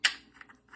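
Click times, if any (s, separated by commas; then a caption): 0.1 s. A magnetic add-on nozzle is fitted onto the front of a handheld turbo jet fan to channel more speed out of the fan. It snaps into place with a sharp click at 0.1 s, followed by a faint tick at 0.4 s and softer small sounds. The nozzle is seated.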